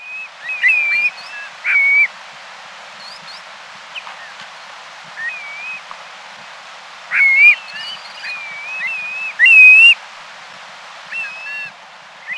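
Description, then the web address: Black-bellied plover calls: clear, plaintive slurred whistles, given singly or in short bursts at irregular intervals, with fainter whistles between. "Peterson North American Birds"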